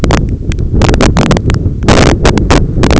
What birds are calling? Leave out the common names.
none